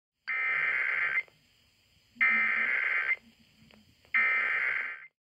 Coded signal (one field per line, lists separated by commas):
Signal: Emergency Alert System (SAME) tones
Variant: header bursts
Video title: KFMW Required Weekly Test #11 (EAS #619)